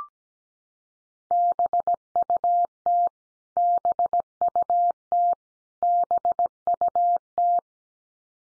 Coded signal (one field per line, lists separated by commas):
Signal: Morse code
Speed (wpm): 17 wpm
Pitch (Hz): 700 Hz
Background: none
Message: BUT BUT BUT